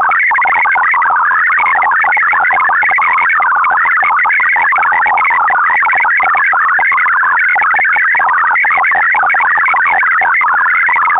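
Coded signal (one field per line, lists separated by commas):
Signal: multi-tone FSK (Olivia or MFSK type)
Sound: fast warbling stream of short beeping tones jumping up and down in pitch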